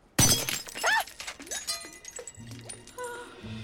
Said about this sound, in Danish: Der kan du se, jeg mener, man kan ikke knuse en ægte rubin. Det burde jeg måske ikke have gjort.